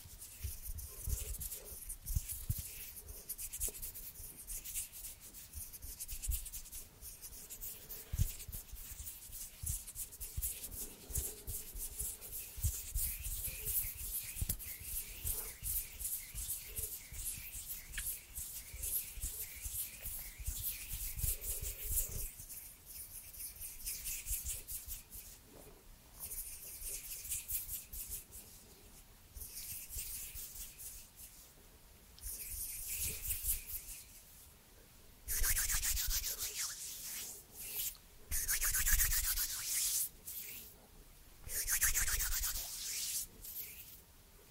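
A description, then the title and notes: Hands rub and brush against each other, a dry, papery swishing that runs almost continuously. Strokes come in quick, uneven passes, softer through the middle, with a few louder, brighter bursts near thirty-five and forty seconds. ASMR HAND SOUNDS NO TALKING. Cozy hand sounds and movements.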